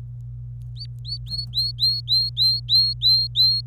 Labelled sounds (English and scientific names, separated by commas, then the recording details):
Domestic Canary (Serinus canaria) song
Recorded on 25 April 2018 at 14:06
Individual llb3